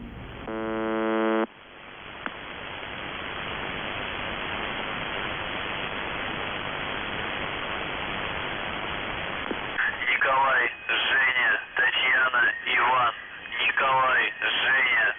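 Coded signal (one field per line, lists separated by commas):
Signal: numbers station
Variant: UVB-76, Russian male voice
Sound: short harsh buzz, several seconds of static hiss, then a distorted male voice speaking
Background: radio static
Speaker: At certain points during the broadcast, the buzz breaks up, and a male Russian voice can be heard reciting encoded messages in the form of numbers and letters.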